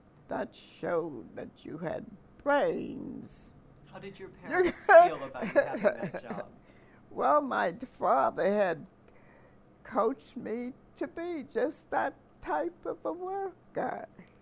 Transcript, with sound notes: That showed that you had brains.
How did your parents —— [laughs] feel about you having that job?
Well, my father had coached me to be just that type of a worker.